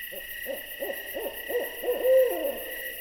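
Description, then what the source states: Owl hooting in a run of short, wavering notes around mid pitch, ending in a longer drawn-out note. An owl visiting.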